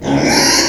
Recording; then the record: squeal of a Yucatan mini pig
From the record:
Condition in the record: before surgery on the right vocal fold (resection and tissue-engineered implant); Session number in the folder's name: 1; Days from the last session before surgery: -3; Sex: male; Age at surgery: 12 weeks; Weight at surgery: 13 kg